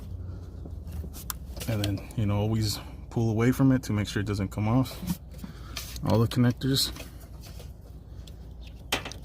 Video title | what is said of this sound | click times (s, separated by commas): Auxiliary water pump, 2005 Toyota Prius, part 2 | push and you know real hard you'll hear the snap and | 1.3 s